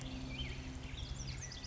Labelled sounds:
California Quail (Callipepla californica)
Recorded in Sonoma County, California

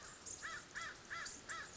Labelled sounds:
American Crow (Corvus brachyrhynchos)
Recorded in Sonoma County, California

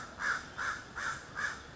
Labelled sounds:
American Crow (Corvus brachyrhynchos)
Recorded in Sonoma County, California

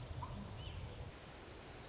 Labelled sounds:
Orange-crowned Warbler (Leiothlypis celata)
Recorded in Sonoma County, California

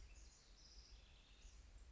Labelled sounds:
House Wren (Troglodytes aedon)
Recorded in Sonoma County, California

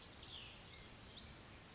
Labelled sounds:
Brown Creeper (Certhia americana)
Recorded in Sonoma County, California

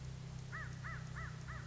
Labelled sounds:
American Crow (Corvus brachyrhynchos)
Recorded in Sonoma County, California

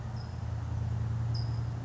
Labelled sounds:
California Towhee (Melozone crissalis)
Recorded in Sonoma County, California

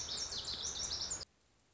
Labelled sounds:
Lazuli Bunting (Passerina amoena)
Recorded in Sonoma County, California

